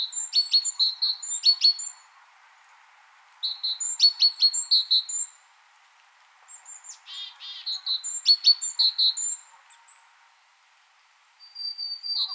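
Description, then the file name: Great tit calls in bursts of sharp, high ticking notes mixed with short whistled tones, with brief pauses between. "Parus major"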